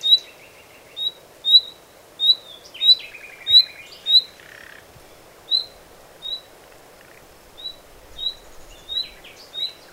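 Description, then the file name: Common nightingale repeating a thin, upward-sliding whistle at a brisk, uneven pace, with some rattling and grating notes early on. "Luscinia megarhynchos"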